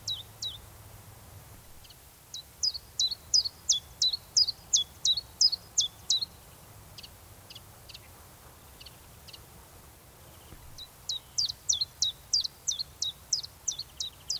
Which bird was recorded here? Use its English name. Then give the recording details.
Common Chiffchaff. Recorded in the wild. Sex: male. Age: adult. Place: Garmisch-Partenkirchen, Bayern, DE. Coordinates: 47.5053, 11.0797. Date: 1963-04-15. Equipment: Nagra, AKG D19/200, Original, Vollspur, langes Kabel. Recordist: Tretzel, Erwin